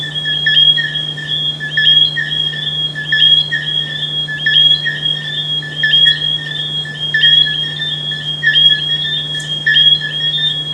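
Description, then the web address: Frog calling in high notes that run into a near-continuous ringing sound with frequent little chirps, over a low steady hum. "humbot audio frogs"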